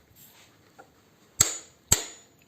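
A torque wrench set to 25 Nm tightens the plastic oil filter housing cap onto the aluminium housing on an Opel Corsa diesel engine. A sharp metallic snap at 1.4 s is followed by the wrench's louder click at 1.9 s, each ringing briefly in the high frequencies. The cap is torqued to its setting and done.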